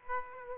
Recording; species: mosquito wingbeat signal from an infrared sensor; Aedes aegypti